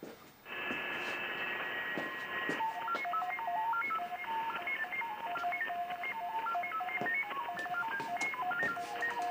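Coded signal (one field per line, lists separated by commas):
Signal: FT8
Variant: SuperFox mode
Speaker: here with FT8 Super Hound mode, Super Fox Super Hound. I'm the hound.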